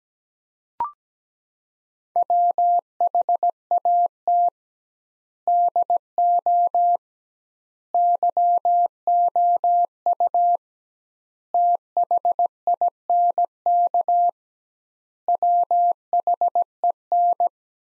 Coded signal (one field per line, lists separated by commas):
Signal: Morse code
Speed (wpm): 17 wpm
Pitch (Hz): 700 Hz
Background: none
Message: WHAT DO YOU THINK WHEN